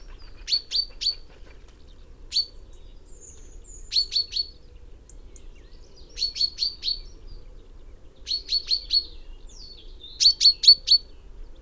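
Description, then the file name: Common chaffinch calling in bursts of one to four sharp, metallic notes, the groups spaced irregularly across about twelve seconds. "Fringilla coelebs"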